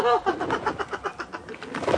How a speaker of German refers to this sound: Brave Taube, brave Taube.